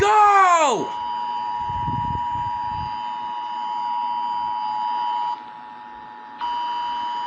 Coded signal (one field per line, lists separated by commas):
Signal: Emergency Alert System (SAME) tones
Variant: 853 and 960 Hz attention tone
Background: speech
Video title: EAS #152 Required Monthly Test